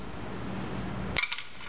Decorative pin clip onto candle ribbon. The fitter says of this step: you see it pops right in okay so that's one